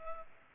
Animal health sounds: mosquito wingbeat signal from an infrared sensor; Culex pipiens

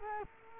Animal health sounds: mosquito wingbeat signal from an infrared sensor; Culex quinquefasciatus

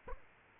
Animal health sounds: mosquito wingbeat signal from an infrared sensor; Aedes aegypti

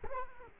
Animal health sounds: mosquito wingbeat signal from an infrared sensor; Culex quinquefasciatus

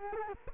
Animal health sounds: mosquito wingbeat signal from an infrared sensor; Culex quinquefasciatus

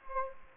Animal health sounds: mosquito wingbeat signal from an infrared sensor; Anopheles gambiae

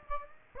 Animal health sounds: mosquito wingbeat signal from an infrared sensor; Aedes aegypti

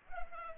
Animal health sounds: mosquito wingbeat signal from an infrared sensor; Culex pipiens

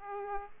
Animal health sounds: mosquito wingbeat signal from an infrared sensor; Aedes aegypti

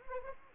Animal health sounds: mosquito wingbeat signal from an infrared sensor; Anopheles arabiensis

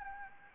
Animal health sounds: mosquito wingbeat signal from an infrared sensor; Anopheles gambiae

